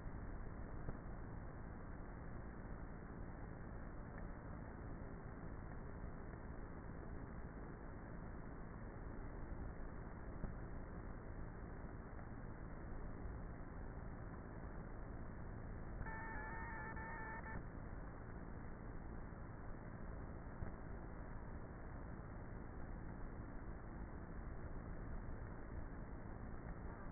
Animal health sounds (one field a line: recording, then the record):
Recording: honeybee colony, microphone inside the hive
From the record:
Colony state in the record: queenless with a low population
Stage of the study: before two queens were removed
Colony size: about 30,000 bees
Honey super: no